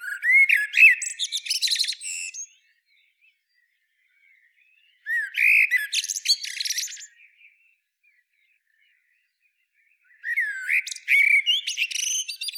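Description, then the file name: Eurasian blackbird song: three phrases about five seconds apart, each a short mellow whistle followed by a jumble of high squeaky twitters. "Turdus merula"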